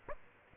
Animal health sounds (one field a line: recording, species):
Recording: mosquito wingbeat signal from an infrared sensor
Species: Aedes aegypti